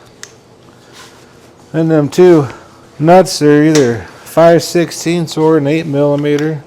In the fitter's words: Push the boot on till it clicks.